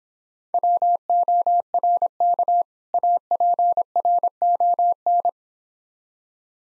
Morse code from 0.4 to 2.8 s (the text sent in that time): WORK